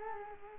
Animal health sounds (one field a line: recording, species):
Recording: mosquito wingbeat signal from an infrared sensor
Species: Culex quinquefasciatus